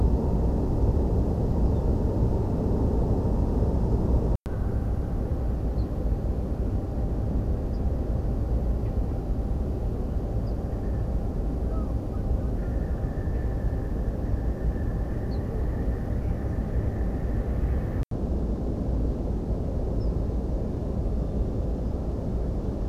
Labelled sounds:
Ortolan Bunting (Emberiza hortulana)
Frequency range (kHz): Ortolan Bunting (Emberiza hortulana) 3.8-5.8 kHz
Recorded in France

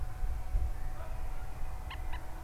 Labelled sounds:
Common Moorhen (Gallinula chloropus)
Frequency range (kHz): Common Moorhen (Gallinula chloropus) 0.8-5.4 kHz
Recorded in France

